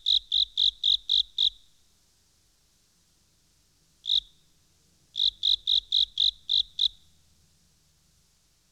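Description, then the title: Frog call bursts of quick, piercing pulsed notes: six in a row, a single note, then a run of several more. "NHK Sound Effects Collection - 3-Frogs"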